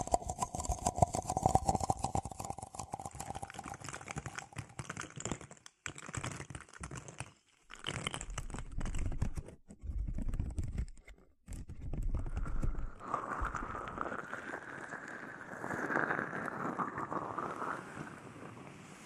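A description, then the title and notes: Bubble wrap and a sponge are handled in uneven bursts. For the first several seconds, rapid dense crackles and pops come in clusters with short silent gaps between them. After about 12 seconds a softer, continuous squishing and rubbing takes over until the end. Bubble Wrap, Sponge.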